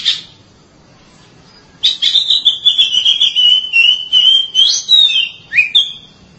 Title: Suara Kicauan Burung Kacer